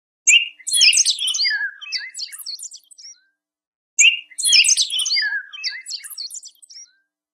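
Bird song, a rapid burst of high chirps, twitters and short descending whistles lasting about three seconds, played twice with a silent gap between, nothing else heard.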